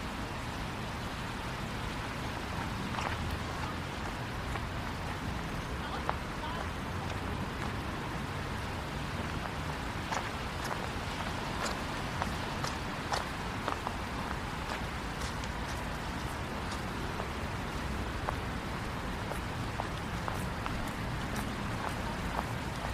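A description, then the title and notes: Light rain patters steadily over a continuous low rumble of passing cars on a rainy downtown walk. The hiss stays even throughout, with scattered sharp drips and ticks, more frequent after ten seconds, and no clear voices standing out. Going For A Walk Downtown on A Rainy Night.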